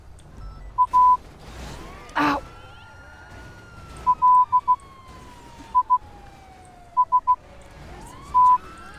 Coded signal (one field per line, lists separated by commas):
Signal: Morse code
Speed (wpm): 16 wpm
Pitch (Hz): 1000 Hz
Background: none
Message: A LIST